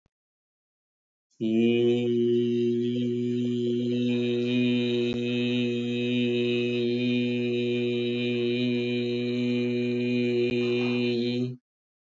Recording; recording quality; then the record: sustained vowel as in beet; excellent, no background noise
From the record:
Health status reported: healthy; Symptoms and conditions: none ticked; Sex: male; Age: 29 years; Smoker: not ticked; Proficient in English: yes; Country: India